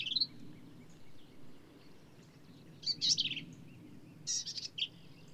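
Black-capped vireo song: short scratchy, chattering phrases of high notes at intervals over a low background rumble.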